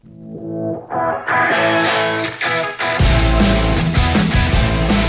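Instrumental music opens with sustained, steadily swelling tones, then about three seconds in a loud, distorted full band with heavy low end crashes in and drives on. No one speaks.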